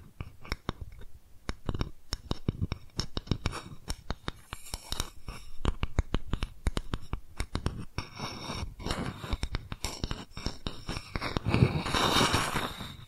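Tapping triggers made of rapid, crisp taps and scratches that come in quick irregular bursts throughout. The taps grow denser and more clustered after the middle, and a brighter rustling scrape builds up near the end, around twelve seconds.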